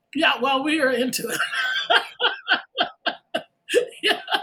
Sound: laughter

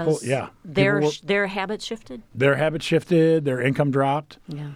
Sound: none

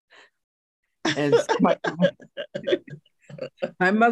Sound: laughter

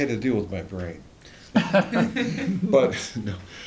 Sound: laughter

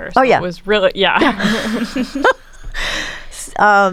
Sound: laughter

